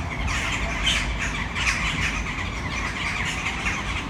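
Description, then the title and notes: Western jackdaw flock calling, a dense overlapping chorus of short sharp squawks, with a steady low rumble of traffic beneath. Flock in a tree full of jackdaws, city center of Brno, Czech Republic, at sunset. "Malinovského nám. 571/1, 602 00 Brno-střed-Brno-město, Česko - Western jackdaws at sunset. A tree full of jackdaws in the city center of Brno"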